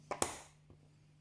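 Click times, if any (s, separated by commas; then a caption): 0.2 s. A Vostok wristwatch's rotating bezel, with its spring wire already fitted, is held over the case and pressed down until it snaps on with a sharp, bright pop at 0.2 s, just after a softer tap at 0.1 s. A faint low knock follows at about 0.7 s and tiny ticks at 1.2 s, over a steady low hum. The bezel is seated on the case and turns freely.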